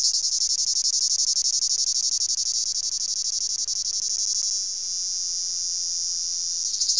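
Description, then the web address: Lyristes plebejus cicada song: a continuous, very high, hissing buzz with fast pulsing, held steady throughout and dipping slightly partway through. "zikaden"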